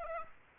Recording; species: mosquito wingbeat signal from an infrared sensor; Aedes aegypti